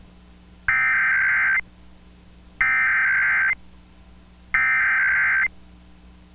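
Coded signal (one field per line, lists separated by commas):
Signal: Emergency Alert System (SAME) tones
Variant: header bursts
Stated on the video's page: Required monthly tests relayed by Pennsylvania FM and TV broadcast stations.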